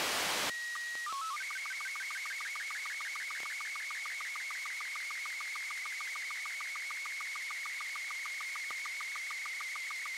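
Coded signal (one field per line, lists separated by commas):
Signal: SSTV (slow-scan television)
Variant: Robot BW 36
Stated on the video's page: SSTV from a FLEETSATCOM geostationary satellite on 255.559 MHz, received with a Nooelec RTL-SDR and homemade turnstile antenna.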